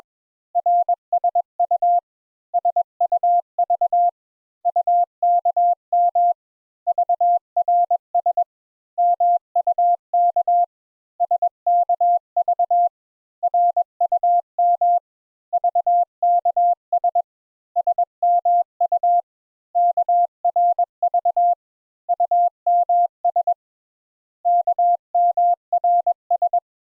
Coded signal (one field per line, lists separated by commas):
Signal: Morse code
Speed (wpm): 21 wpm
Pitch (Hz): 700 Hz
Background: none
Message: RSU SUV UKM VRS MUK SKV RUM VKS SMU KRV UMS KMRS